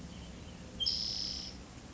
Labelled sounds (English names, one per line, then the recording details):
Spotted Towhee
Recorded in Sonoma County, California